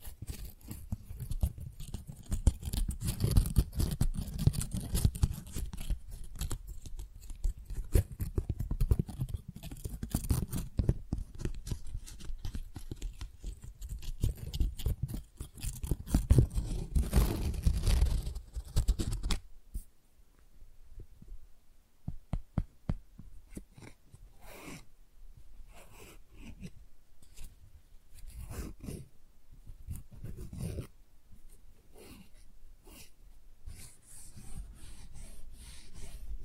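Tingly flower sounds, handled in dense crackling and rustling for the first twenty seconds, with soft low thumps underneath and some swells in loudness. After that the sound thins out into sparser, separate crisp taps and crinkles, with short quiet gaps between them.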